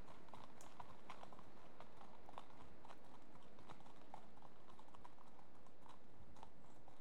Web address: BBC Sound Effects Library BBC 37-Horses. Two horses approach at trot, pass